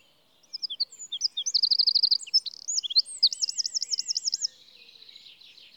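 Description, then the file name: Eurasian wren song: shrill, rapid notes run into a machine-gun trill, then a rolling looped trill, fading into softer high chatter. "Troglodytes troglodytes"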